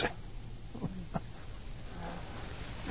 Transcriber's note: he laughs